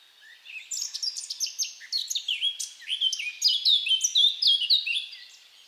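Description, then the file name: Eurasian blackcap singing, a rapid, varied warble of clear fluty and scratchy notes that swells in the middle and fades away. "Sylvia atricapilla"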